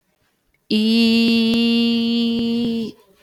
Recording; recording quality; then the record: sustained vowel as in beet; excellent, no background noise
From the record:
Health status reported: healthy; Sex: female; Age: 20 years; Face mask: not worn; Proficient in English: yes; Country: India